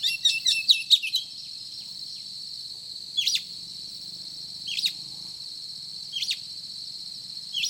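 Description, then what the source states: Oriental magpie-robin gives a short burst of chirps, then single sharp downslurred notes repeated about every one and a half seconds, over a steady shrill background hum. Described as 'gacor', meaning singing vigorously.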